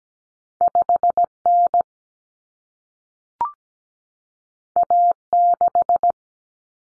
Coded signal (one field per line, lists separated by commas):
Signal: Morse code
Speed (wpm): 17 wpm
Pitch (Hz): 700 Hz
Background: none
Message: 5N A6